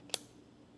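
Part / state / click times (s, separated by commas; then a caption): lace toggle lock into magnetic pouch on sneaker tongue / seated / 0.1 s. A toggle lace lock on a New Balance x Stone Island Tokyo Design Studio FuelCell C_1 sneaker is tucked down into a small pouch at the bottom of the lace enclosure on the tongue, where a magnet holds it. A faint tap at 0.1 s is followed by a sharp, bright click at 0.1 s as the magnetic toggle seats, then only quiet background remains.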